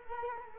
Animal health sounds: mosquito wingbeat signal from an infrared sensor; Culex quinquefasciatus

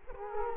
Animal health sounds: mosquito wingbeat signal from an infrared sensor; Culex quinquefasciatus

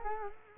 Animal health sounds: mosquito wingbeat signal from an infrared sensor; Culex quinquefasciatus

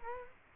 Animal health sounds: mosquito wingbeat signal from an infrared sensor; Culex quinquefasciatus

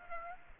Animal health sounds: mosquito wingbeat signal from an infrared sensor; Aedes aegypti

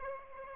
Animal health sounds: mosquito wingbeat signal from an infrared sensor; Aedes aegypti

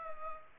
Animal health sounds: mosquito wingbeat signal from an infrared sensor; Aedes aegypti

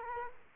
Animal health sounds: mosquito wingbeat signal from an infrared sensor; Culex quinquefasciatus

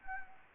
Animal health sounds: mosquito wingbeat signal from an infrared sensor; Anopheles gambiae

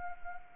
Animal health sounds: mosquito wingbeat signal from an infrared sensor; Anopheles arabiensis

